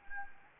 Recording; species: mosquito wingbeat signal from an infrared sensor; Anopheles gambiae